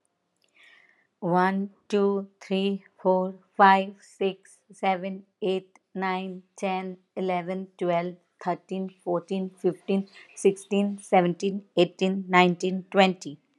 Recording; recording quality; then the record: counting at a normal pace; excellent, no background noise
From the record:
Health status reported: healthy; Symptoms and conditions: none ticked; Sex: female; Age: 45 years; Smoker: not ticked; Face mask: not worn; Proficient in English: yes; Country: India